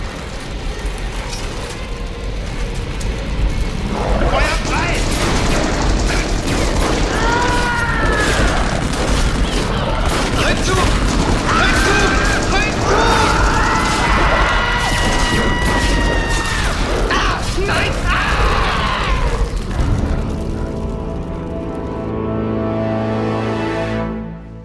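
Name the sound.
gunfire and explosions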